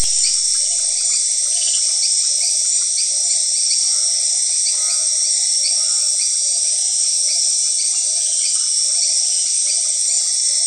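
Grasshoppers and crickets: orthopteran buzzing, a dense unbroken high-pitched drone that holds steady throughout, with short rising chirps repeating above it and brief low trills in the background.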